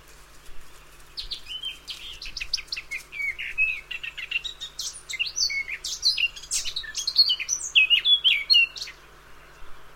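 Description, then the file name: Eurasian blackcap song: a quiet scratchy warble of varied twittering notes that swells into a louder run of clear fluting whistles. "Sylvia atricapilla"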